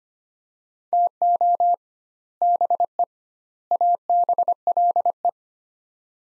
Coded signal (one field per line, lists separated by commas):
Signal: Morse code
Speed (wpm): 25 wpm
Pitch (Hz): 700 Hz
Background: none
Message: TO BE ABLE